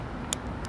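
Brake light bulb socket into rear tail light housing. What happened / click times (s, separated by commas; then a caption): The bulb socket clicked into the lamp housing / 0.3 s. A brake light bulb socket is put back into the driver's side rear tail light housing of a 2017 Ford Focus and twisted until it locks against the alignment tab. A sharp click at 0.3 s marks it seating, followed by a fainter tick at 0.7 s over a low background hum.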